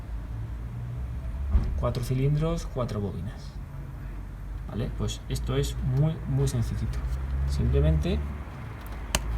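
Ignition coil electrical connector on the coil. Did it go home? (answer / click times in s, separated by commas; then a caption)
released / 9.2 s. Someone talks over a low engine-bay hum while working on a BMW E90's ignition coils. At 9.2 s the plastic safety catch on the ignition coil's electrical connector is lifted with a sharp click, releasing the connector so it can be pulled off the coil.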